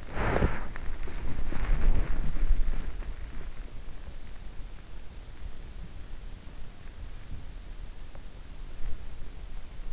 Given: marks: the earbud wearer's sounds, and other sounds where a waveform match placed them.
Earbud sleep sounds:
sounds in sleep by an in-ear microphone; body movement
0.00-3.21 s: body movement

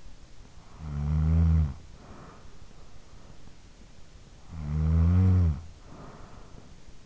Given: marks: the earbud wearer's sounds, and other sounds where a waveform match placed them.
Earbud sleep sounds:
sounds in sleep by an in-ear microphone; snoring breath
0.31-2.90 s: snoring breath
4.13-7.06 s: snoring breath

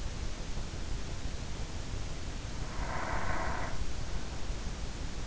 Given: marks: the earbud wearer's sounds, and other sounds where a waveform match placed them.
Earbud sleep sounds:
sounds in sleep by an in-ear microphone; breath
2.59-4.45 s: breath

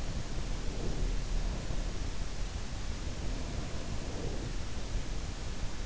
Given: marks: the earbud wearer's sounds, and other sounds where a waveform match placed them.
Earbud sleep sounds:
sounds in sleep by an in-ear microphone; breath
0.01-2.13 s: breath
2.98-4.87 s: breath

